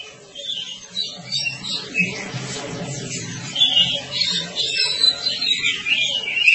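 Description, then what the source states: Oriental magpie-robin singing high, varied whistles that grow stronger in the second half, over a low rumbling hum. Long-duration song style (durasi panjang).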